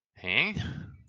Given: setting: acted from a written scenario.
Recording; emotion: vocal sound without words; confusion